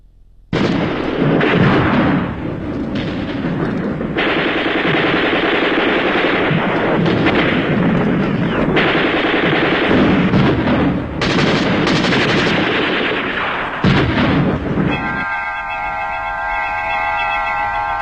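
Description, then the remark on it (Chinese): Sustained battle noise from the fighting at the old city of Jinzhou, China: rapid bursts of machine-gun fire layered with heavy booming artillery blasts, loud and dense for most of the stretch, with no voices present. “那些年月里，飞鸟早已习惯了枪声炮声，习惯了硝烟弥漫的天空，他们却不曾见识过 整个一座城市在颤栗着、摇撼着、倾斜着、旋转着。”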